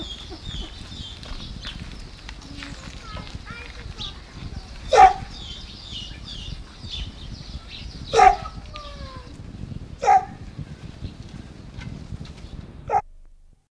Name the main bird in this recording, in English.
Common Raven